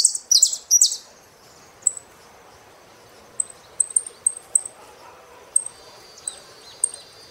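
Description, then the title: Saffron finch: a brief loud burst of buzzy notes at the start, followed by scattered thin high chips repeated at uneven intervals over a quiet background. "Jilguero Argentino"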